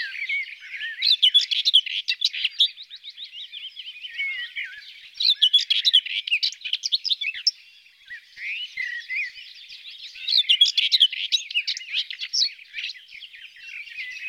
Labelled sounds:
Common Whitethroat song

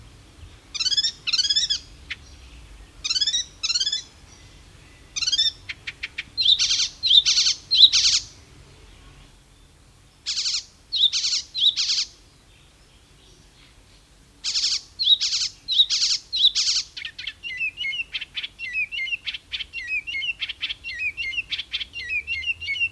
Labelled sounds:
Icterine Warbler song

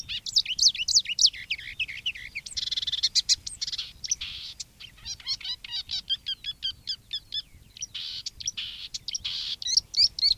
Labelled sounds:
Marsh Warbler song

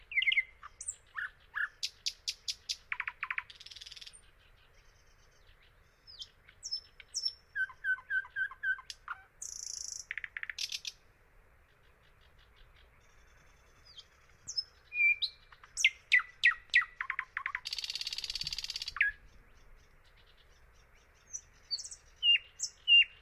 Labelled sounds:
Thrush Nightingale song

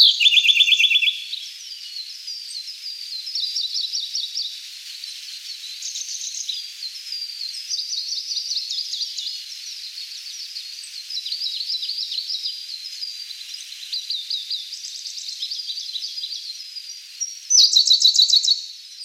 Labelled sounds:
Siberian Blue Robin song

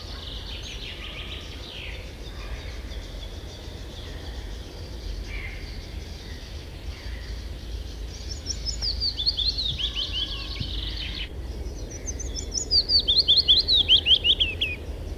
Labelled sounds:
Willow Warbler

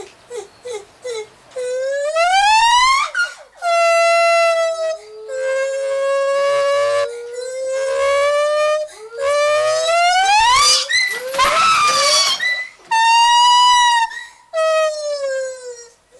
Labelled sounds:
Lar Gibbon

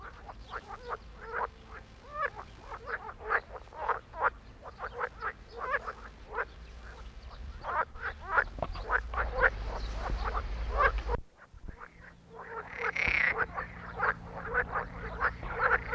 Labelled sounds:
Edible Frog call

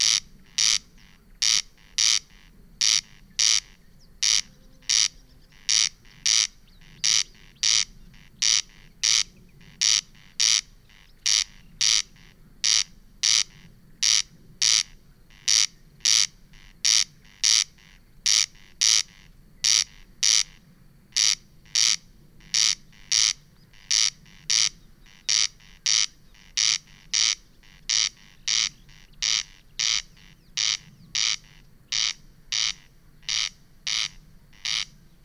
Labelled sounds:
Corn Crake

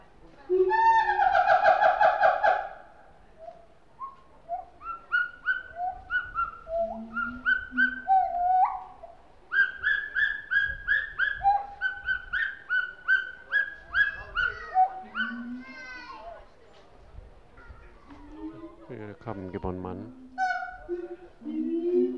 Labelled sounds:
Pileated Gibbon

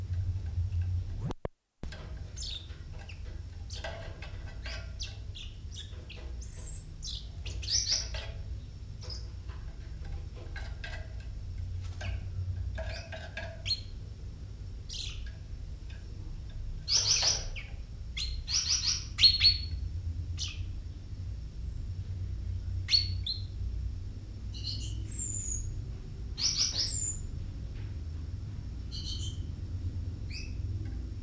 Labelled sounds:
Common Chaffinch

